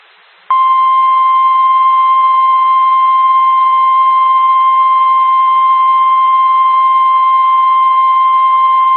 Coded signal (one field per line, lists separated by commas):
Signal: Emergency Alert System (SAME) tones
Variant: 1050 Hz attention tone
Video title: NOAA Weather Radio Weekly EAS Test for NC